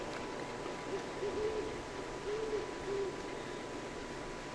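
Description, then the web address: Great horned owl hoots: a short series of soft, low hooting notes, a couple run close together and then two more spaced about half a second apart, over steady background hiss. "Peterson North American Birds iso sound ghow 2"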